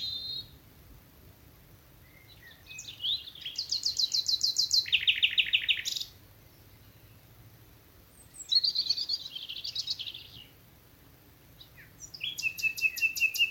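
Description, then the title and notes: Common nightingale song: loud rapid repeated trills and buzzy rattles in bursts, separated by pauses of a couple of seconds. Several nightingales singing in thickets of a Dorset wood in the evening as dew falls, Alners Gorse nature reserve run by Butterfly Conservation, Dorset, England. "Sound Escape 11: the glorious song of nightingales from a Dorset wood. BBC Countryfile Magazine. it's evening at Alners Gorse, a nature reserve in Dorset run by Butterfly Conservation . As the dew falls, the extraordinary song of nightingales rises from the thickets. Recorded by Martin Maudsley"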